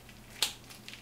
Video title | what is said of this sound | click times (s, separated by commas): How to Change an Ostomy - Nurse with a Stoma - Let's Talk IBD | and then i'm going to click my bag into place and you should audibly hear | 0.4 s